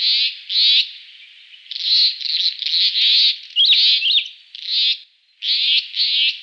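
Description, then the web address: Satin flycatcher calls: harsh, buzzy rasping notes in short bursts separated by pauses, with a brief wavering whistled phrase in the middle. Recorded in a garden in Canberra. "canberra-garden-birds flycatchers satin-flycatcher"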